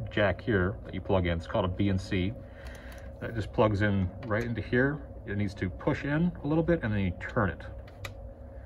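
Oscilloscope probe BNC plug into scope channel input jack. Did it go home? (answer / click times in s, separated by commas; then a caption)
yes / 8.1 s. An oscilloscope probe's metal BNC plug is pushed onto the channel input jack of a BK Precision oscilloscope and turned until its bayonet locks, seated. Someone talks throughout, and a sharp metallic tick at 8.1 s marks the twist-lock engaging.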